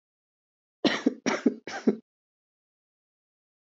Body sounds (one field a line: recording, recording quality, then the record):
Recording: shallow voluntary cough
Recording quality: excellent, no background noise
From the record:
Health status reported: healthy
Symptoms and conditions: none ticked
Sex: female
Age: 19 years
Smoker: not ticked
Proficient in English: yes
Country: India